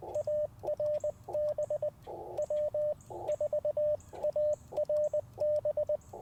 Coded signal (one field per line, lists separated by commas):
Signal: Morse code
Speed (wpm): 20 wpm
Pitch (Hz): 600 Hz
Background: radio noise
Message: ARB W 4ARB